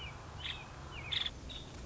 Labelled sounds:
Nuttall's Woodpecker
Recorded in Sonoma County, California

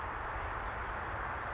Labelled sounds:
Blue-gray Gnatcatcher
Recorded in Sonoma County, California

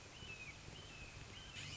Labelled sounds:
Red-shouldered Hawk
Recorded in Sonoma County, California

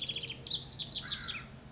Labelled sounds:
House Wren
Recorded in Sonoma County, California

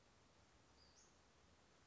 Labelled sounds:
Western Flycatcher
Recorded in Sonoma County, California

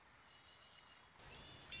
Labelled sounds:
Red-winged Blackbird
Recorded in Sonoma County, California

